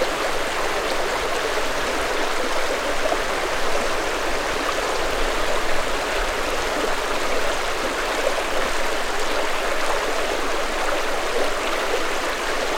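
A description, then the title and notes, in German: A small brook near the edge of a village babbles gently and without pause. The bubbling is dense and steady, with fine splashes scattered through the middle and upper range and little low rumble. Das am Ende eines kleinen Dorfes gelegene Bächlein, begleitet uns heute mit seinem sanften Plätschern.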